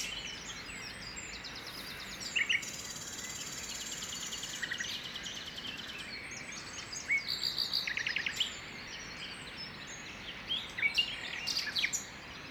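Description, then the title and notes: Common nightingale singing high, varied phrases: quick rattling trills, sharp whistles and buzzy notes in bursts, over a steady hiss of background noise. Early morning song in parc de Loire, Saint-Jean-le-Blanc, France; recorded in stereo on a Zoom H2n with Clippy EM272 microphones. "Saint-Jean-le-Blanc, France - Rossignol philomèle matinal au parc de Loire. Tôt le matin, au parc de Loire, chant du rossignol philomèle, sur fond de grenouilles lointaines. Enregistré au Zoom H2n avec microphones Clippy EM272 stéréo"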